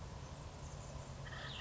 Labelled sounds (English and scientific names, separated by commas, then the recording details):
Cassin's Vireo (Vireo cassinii)
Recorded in Sonoma County, California